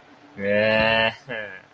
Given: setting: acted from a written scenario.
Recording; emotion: vocal sound without words; contentment